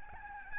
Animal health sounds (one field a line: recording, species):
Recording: mosquito wingbeat signal from an infrared sensor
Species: Aedes albopictus